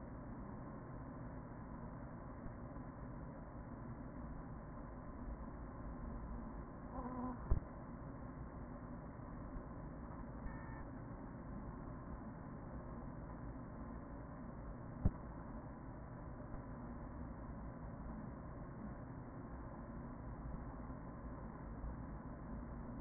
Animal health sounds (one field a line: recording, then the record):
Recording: honeybee colony, microphone inside the hive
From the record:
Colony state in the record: queen present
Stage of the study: after two queens were removed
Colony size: about 40,000 bees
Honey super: no